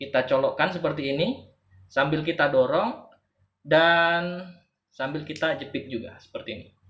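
An RJ45 modular plug on a UTP network cable is pushed into a crimping tool and gripped while someone talks throughout. The plug has not yet been crimped, and nothing has clicked or seated yet.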